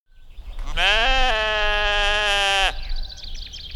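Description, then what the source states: Sheep giving one long, steady, nasal bleat lasting about two seconds, followed by faint high tinkling. Sheep in summer, with bell.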